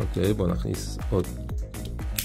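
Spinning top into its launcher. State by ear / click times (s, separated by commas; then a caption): seated / 2.2 s. Someone talks while inserting a plastic Beyblade BX-03 Wizard Arrow 4-80B spinning top into its launcher. A short, sharp hit at 2.2 s marks the top locking into the launcher.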